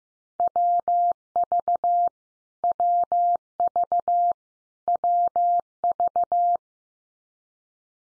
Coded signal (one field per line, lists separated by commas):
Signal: Morse code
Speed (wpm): 15 wpm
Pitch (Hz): 700 Hz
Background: none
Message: WV WV WV